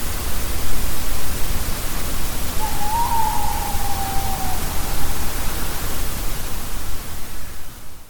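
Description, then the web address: Tawny owl hoot: one long note that rises slightly then slowly falls away, heard through heavy constant background noise. Song variant C. "Waldkauz. Gesangsvariante C"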